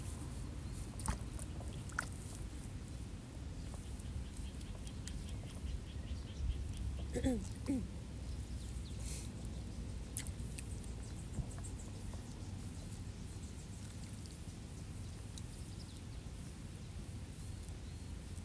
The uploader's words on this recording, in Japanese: 水苗代でイネの苗取り。昔ながらの方法で、田んぼに直接籾種をまいて育てる「水苗代」から、育った苗を１本１本抜いてワラでまとめて束にしていきます。田んぼの水面の音、賑やかに鳴き続けるスズメ、時折聞こえるカエルの声。